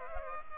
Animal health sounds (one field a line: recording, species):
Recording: mosquito wingbeat signal from an infrared sensor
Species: Culex pipiens